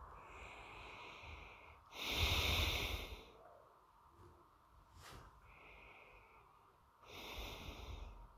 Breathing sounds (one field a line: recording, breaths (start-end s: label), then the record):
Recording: nose breathing near a microphone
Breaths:
0.00-1.74 s: inhalation
1.74-3.34 s: exhalation
5.13-6.91 s: inhalation
6.91-8.28 s: exhalation
From the record:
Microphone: phone